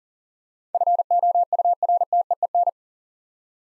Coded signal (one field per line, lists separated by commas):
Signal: Morse code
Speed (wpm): 40 wpm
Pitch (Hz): 700 Hz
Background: none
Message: FOURTEEN